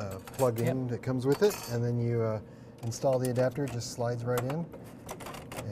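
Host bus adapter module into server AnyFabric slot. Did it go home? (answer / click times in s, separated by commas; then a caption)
yes / 5.5 s. A Fibre Channel host bus adapter module is slid into the AnyFabric slot on a server riser card while someone talks. A small click is heard at 5.5 s as the adapter latches and seats in the slot.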